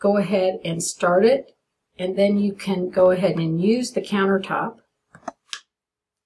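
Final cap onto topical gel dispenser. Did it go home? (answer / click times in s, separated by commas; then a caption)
yes / 5.5 s. Someone talks while the final cap of a topical gel dispenser is started and then pressed down against the countertop. A few short clicks follow after the talking, and the cap clicks on and seats at 5.5 s.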